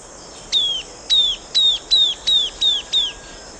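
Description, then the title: Bird calls: seven clear, high, slightly descending whistled notes with a sharp onset, given in quick succession over faint background noise. "LuckyPassaro Completos2Sama"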